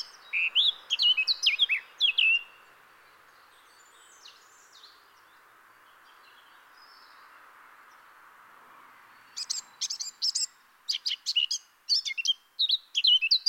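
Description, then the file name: Eurasian blackcap song: rapid bursts of varied warbled and clicking notes, a pause of several seconds with only a few faint notes, then another chattering run. "Sylvia atricapilla"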